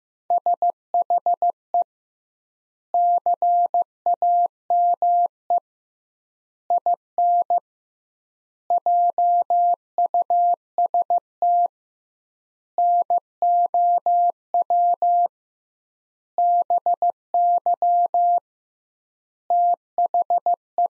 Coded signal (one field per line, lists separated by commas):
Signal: Morse code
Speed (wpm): 15 wpm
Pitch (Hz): 700 Hz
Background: none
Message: SHE CAME IN JUST NOW BY THE